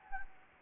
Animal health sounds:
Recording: mosquito wingbeat signal from an infrared sensor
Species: Anopheles arabiensis

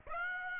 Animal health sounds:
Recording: mosquito wingbeat signal from an infrared sensor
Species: Aedes aegypti

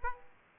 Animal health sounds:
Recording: mosquito wingbeat signal from an infrared sensor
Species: Aedes aegypti

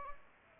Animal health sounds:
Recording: mosquito wingbeat signal from an infrared sensor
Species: Aedes aegypti

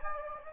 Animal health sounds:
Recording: mosquito wingbeat signal from an infrared sensor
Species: Anopheles gambiae

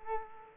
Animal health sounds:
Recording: mosquito wingbeat signal from an infrared sensor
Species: Culex quinquefasciatus

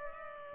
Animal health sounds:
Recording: mosquito wingbeat signal from an infrared sensor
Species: Culex pipiens

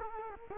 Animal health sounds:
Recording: mosquito wingbeat signal from an infrared sensor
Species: Culex quinquefasciatus

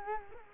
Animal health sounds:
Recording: mosquito wingbeat signal from an infrared sensor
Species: Culex quinquefasciatus

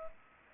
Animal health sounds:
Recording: mosquito wingbeat signal from an infrared sensor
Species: Culex pipiens

